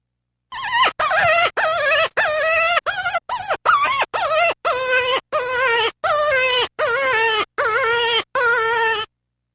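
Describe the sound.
Cottontail rabbit crying out in a rapid series of shrill, wavering squeals, some short and choppy, others longer and sliding down in pitch, with brief silences between.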